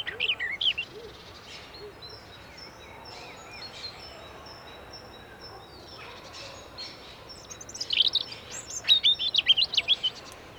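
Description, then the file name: European robin with a short high warble at the start, a long quieter stretch with faint high notes, then a bright run of rapid tinkling notes. "Erithacus rubecula"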